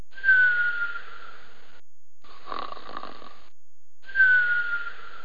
Animal lion cub snoring sound effect.